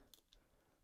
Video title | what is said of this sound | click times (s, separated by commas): DJI Osmo Action Unboxing & GoPro 7 Comparison | in like that pretty satisfying click I gotta say so well done DJI on that | 0.1 s, 0.3 s